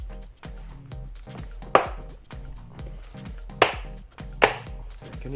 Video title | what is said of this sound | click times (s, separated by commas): How to restore your Corvette C3 (DIY): 1974 T-Top inside panels | You can hear the snaps. | 1.8 s, 3.6 s, 4.4 s